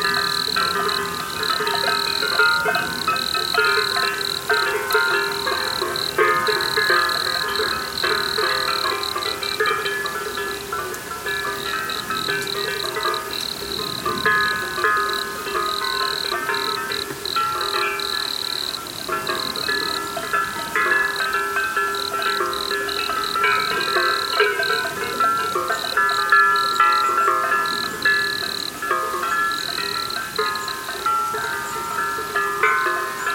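A forest soundscape filled with a dense, unbroken chorus of insects or frogs, steady pulsing tones layered at several pitches from low to high and bright. The level stays even throughout, with small scattered calls and chirps weaving through the constant drone.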